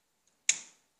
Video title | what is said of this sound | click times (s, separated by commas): Alfa Romeo 2.0jtdm Turbotune tuning box | listen for the click once again click | 0.5 s